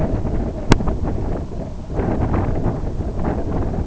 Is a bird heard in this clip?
no